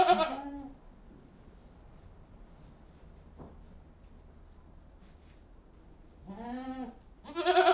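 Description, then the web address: Goat bleats, a wavering nasal call at the start and two more near the end, separated by several seconds of low barn hum. General atmosphere inside a goat house; livestock. "BBC Sound Effects Library Livestock General Atmosphere In Goat-House"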